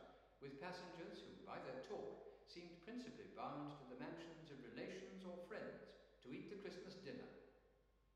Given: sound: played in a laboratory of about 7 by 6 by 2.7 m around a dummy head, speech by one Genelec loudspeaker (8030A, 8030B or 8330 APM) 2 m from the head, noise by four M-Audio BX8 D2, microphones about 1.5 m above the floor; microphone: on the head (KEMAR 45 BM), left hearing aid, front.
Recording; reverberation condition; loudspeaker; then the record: male speech in English; high; 90 degrees to the left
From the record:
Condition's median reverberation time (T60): about 1300 ms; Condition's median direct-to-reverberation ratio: about -4.0 dB